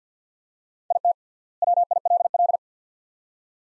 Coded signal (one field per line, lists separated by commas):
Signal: Morse code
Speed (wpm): 50 wpm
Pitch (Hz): 700 Hz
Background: none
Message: IT WILL